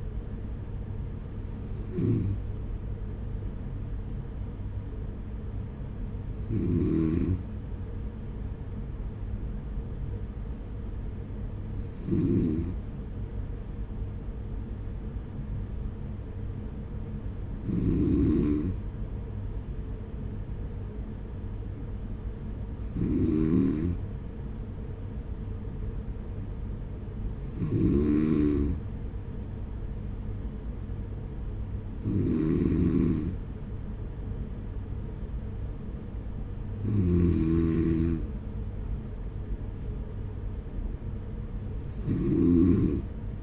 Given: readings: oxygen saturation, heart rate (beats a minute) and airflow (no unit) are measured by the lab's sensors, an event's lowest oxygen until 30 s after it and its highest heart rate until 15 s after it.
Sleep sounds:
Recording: breathing in sleep by a smartphone at the bedside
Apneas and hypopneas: none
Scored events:
none scored
From the record:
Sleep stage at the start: N2 (light sleep)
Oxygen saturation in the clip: 93 to 95%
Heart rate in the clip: 45 to 49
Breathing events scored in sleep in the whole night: 210 in 6.9 hours asleep

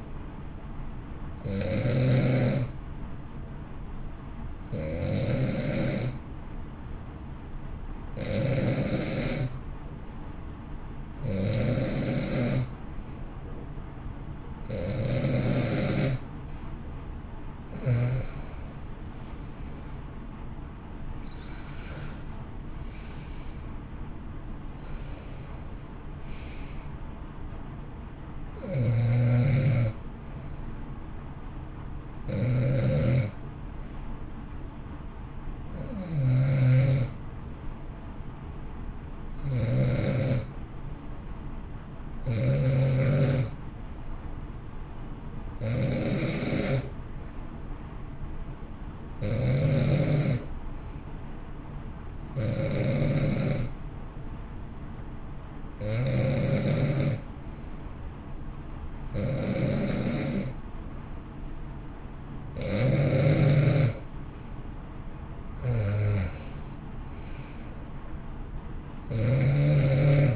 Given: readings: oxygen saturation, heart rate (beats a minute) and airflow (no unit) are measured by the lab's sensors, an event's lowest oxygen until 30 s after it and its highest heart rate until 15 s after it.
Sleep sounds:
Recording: breathing in sleep by a smartphone at the bedside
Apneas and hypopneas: 2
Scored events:
6.00-22.30 s: hypopnea (N1, oxygen 91% highest, then 90% lowest, heart rate 57 at the start, 68 highest)
37.00-65.50 s: hypopnea (N1, oxygen 94% highest, then 91% lowest, heart rate 55 at the start, 66 highest)
41.00-70.36 s: new sleep stage, N2 (light sleep)
From the record:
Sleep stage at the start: N1 (lightest sleep)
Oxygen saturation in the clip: 90 to 94%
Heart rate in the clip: 55 to 68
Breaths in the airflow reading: 20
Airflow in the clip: -11.5 to 12.6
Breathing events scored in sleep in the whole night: 328 in 6.3 hours asleep

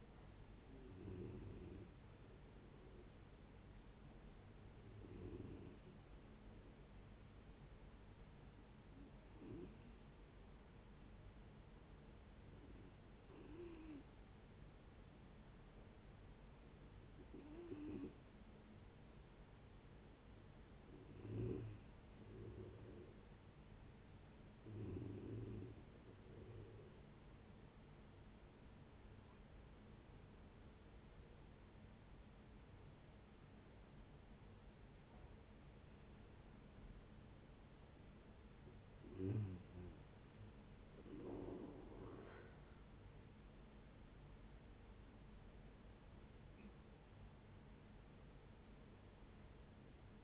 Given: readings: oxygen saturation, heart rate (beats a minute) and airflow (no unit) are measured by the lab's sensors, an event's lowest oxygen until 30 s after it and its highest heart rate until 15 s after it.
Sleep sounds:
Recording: breathing in sleep by a voice recorder at the bedside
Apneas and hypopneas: 2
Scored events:
8.00-20.00 s: hypopnea (N2, oxygen 93% highest, then 89% lowest, heart rate 73 at the start, 76 highest)
11.00-41.00 s: new sleep stage, N3 (deep sleep)
29.00-43.30 s: hypopnea (N3, oxygen 93% highest, then 85% lowest, heart rate 76 at the start, 83 highest)
41.00-50.24 s: new sleep stage, N1 (lightest sleep)
From the record:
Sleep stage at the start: N2 (light sleep)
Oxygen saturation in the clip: 89 to 93%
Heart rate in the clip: 66 to 79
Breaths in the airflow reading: 12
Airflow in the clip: -16.6 to 15.4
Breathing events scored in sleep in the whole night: 496 in 5.4 hours asleep

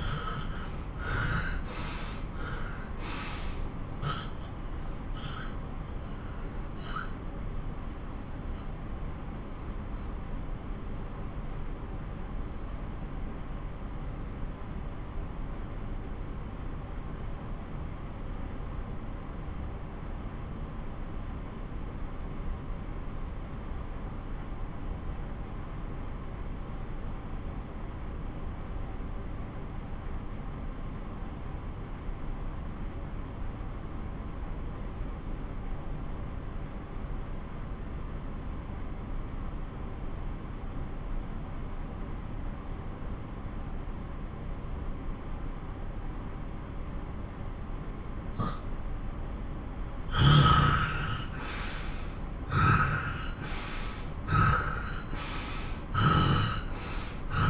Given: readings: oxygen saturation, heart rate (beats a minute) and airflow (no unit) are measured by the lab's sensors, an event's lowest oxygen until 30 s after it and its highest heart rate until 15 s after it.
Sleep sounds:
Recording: breathing in sleep by a smartphone at the bedside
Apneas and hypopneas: 1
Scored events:
8.00-48.30 s: obstructive apnea (N1, oxygen 95% highest, then 82% lowest)
19.00-49.00 s: new sleep stage, N2 (light sleep)
49.00-57.50 s: new sleep stage, N1 (lightest sleep)
From the record:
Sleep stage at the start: N1 (lightest sleep)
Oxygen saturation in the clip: 80 to 95%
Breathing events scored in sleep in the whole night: 217 in 6.3 hours asleep

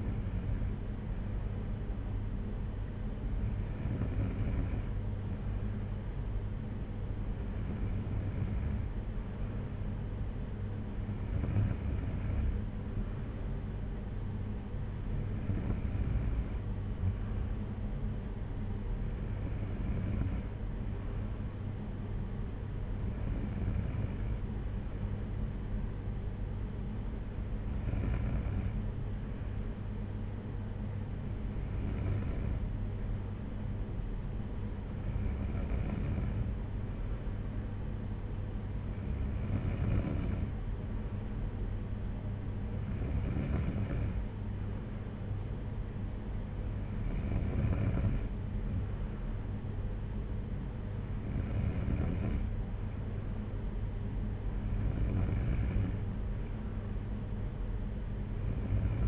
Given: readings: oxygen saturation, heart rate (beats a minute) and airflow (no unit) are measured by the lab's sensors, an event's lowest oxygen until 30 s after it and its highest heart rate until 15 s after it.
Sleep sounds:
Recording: breathing in sleep by a smartphone at the bedside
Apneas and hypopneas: none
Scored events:
none scored
From the record:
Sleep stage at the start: N2 (light sleep)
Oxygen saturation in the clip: 93 to 94%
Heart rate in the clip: 58 to 62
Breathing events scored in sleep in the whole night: 226 in 8.8 hours asleep

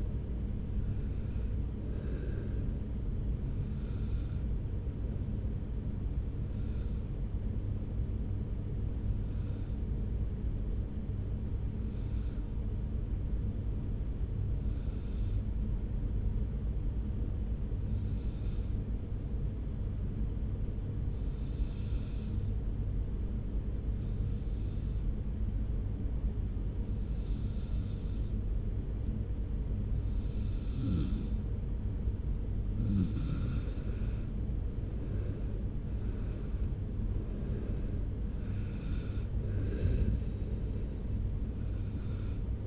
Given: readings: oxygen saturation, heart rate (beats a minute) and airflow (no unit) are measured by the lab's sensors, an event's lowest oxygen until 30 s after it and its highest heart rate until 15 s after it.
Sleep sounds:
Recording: breathing in sleep by a smartphone at the bedside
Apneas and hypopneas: 1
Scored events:
5.00-35.00 s: new sleep stage, N2 (light sleep)
7.00-32.80 s: hypopnea (N2, oxygen 95% highest, then 88% lowest)
35.00-42.67 s: new sleep stage, N1 (lightest sleep)
From the record:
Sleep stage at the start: N1 (lightest sleep)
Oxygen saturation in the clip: 91 to 95%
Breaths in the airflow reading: 12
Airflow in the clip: -1.7 to 2.8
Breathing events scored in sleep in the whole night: 335 in 6.7 hours asleep

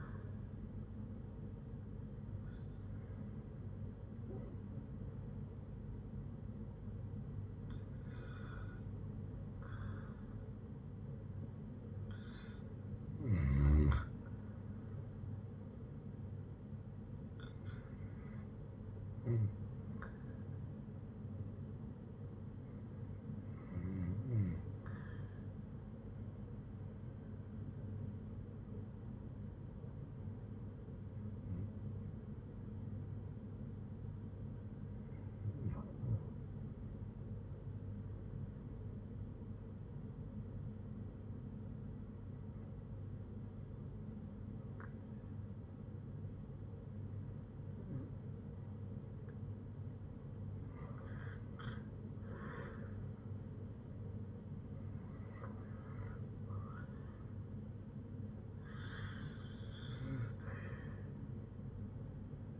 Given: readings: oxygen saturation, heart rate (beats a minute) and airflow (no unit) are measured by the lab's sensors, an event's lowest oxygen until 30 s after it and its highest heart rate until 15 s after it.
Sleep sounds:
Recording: breathing in sleep by a smartphone at the bedside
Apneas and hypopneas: 1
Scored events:
25.00-62.60 s: new sleep stage, REM sleep
31.00-53.70 s: hypopnea (REM, oxygen 95% highest, then 89% lowest, heart rate 61 at the start, 75 highest)
From the record:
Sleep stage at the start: N1 (lightest sleep)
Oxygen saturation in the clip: 85 to 95%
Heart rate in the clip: 61 to 75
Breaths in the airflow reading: 14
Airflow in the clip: -8.1 to 8.7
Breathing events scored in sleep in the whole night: 182 in 7.4 hours asleep

